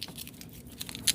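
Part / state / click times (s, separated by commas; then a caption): fixed-blade knife into kydex sheath / seated / 1.1 s. A small Berserk fixed-blade neck knife is pushed into its molded kydex sheath, which has a push-off point, with faint light ticks and scrapes along the way. It snaps home on the retention point with a sharp, bright click at 1.1 s, fully seated.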